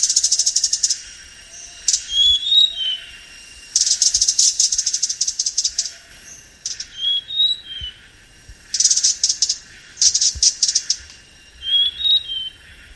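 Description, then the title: Blue-crowned hanging parrot calls: rasping, buzzy rattles in clustered bursts, interspersed with brief high whistled notes falling in pitch, over a constant faint high tone. "SERINDIT"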